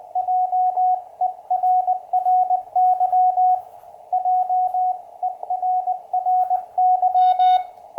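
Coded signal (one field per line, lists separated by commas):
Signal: Morse code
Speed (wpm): 20 wpm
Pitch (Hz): 740 Hz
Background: radio noise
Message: JERRY JERRY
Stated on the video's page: First CW QSO on a repaired 20 m QCX, with a QRP station.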